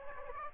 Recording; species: mosquito wingbeat signal from an infrared sensor; Aedes aegypti